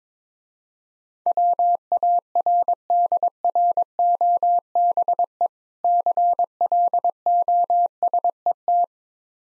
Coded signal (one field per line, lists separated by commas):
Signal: Morse code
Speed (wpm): 23 wpm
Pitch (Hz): 700 Hz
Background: none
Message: WARDROBE CLOSET